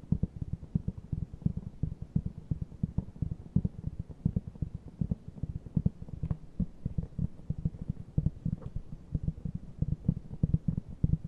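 Fast tapping runs without a break for the whole clip, a dense stream of dull, low thuds packed several to a second. The taps are soft and muffled rather than sharp, with slight variation in loudness, and a few brighter clicks stand out around the middle.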